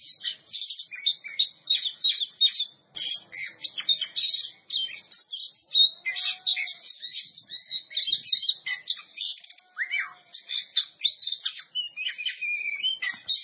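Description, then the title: Oriental magpie-robin in sustained song, quick chips and trills alternating with scattered whistled slides, nearly unbroken for the whole stretch. Champion bird. "Kicau Burung Kacer Juara"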